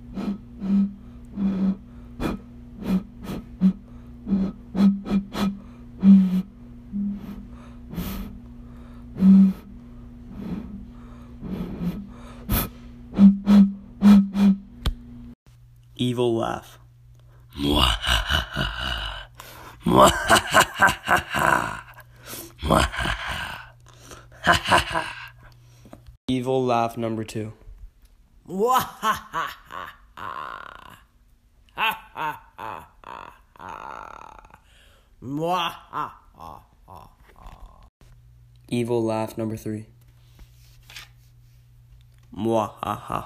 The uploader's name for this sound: Creepy Halloween sounds